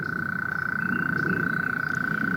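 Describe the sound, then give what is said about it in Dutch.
A European mole cricket churrs at the Heemtuin Goudse Hout garden in one steady, unbroken buzzing trill at a fixed mid-high pitch, holding an even loudness throughout over a soft low rumble. “Ja, zojuist hoorde ik op de Heemtuin Goudse Hout... het magische geluid van de veenmol.”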